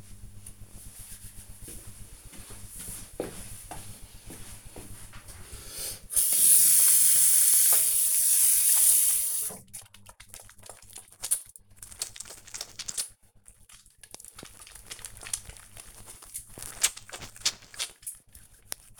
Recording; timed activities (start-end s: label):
household activities, microphone on the right wrist
7.50-19.00 s: washing hands